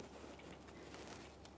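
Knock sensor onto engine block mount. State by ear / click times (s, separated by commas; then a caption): not seated / none. A knock sensor on a 2008-2017 Mitsubishi Lancer is being positioned and lined up on its mount on the engine block before being pressed in. Only low, steady handling noise is heard, with a few faint brief ticks. Nothing has seated or clicked yet.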